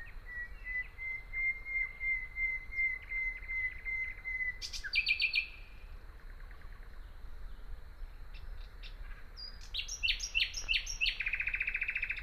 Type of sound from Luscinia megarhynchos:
song